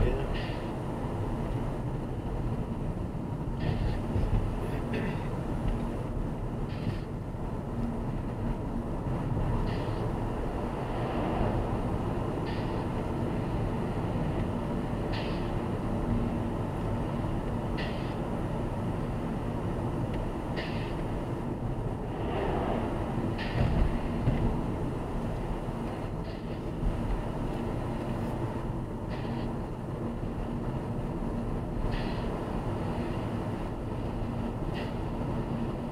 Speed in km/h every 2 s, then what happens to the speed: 54, 55, 57, 60, 63, 66, 64, 61, 60, 58, 57, 57, 58, 56, 58, 60, 59, 57.
0-10 speeds up to 66. 10-19 slows to 57. 19-36 steady at about 57.